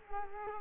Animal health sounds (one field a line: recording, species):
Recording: mosquito wingbeat signal from an infrared sensor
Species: Culex quinquefasciatus